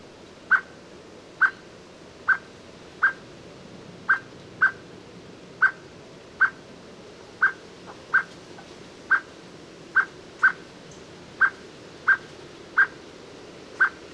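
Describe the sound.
Eurasian blackbird repeating short, emphatic call notes in a long steady run, now and then paired closely, over low continuous background noise.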